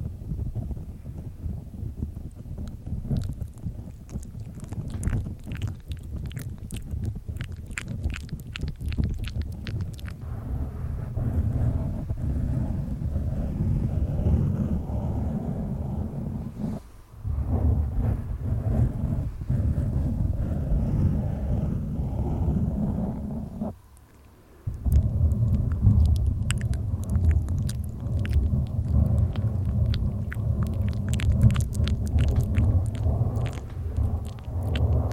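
Mouth sounds and mic scratching form a dense low rumbling rub, with bursts of crisp tapping clicks early and late, and brief silences near 17 and 24 seconds.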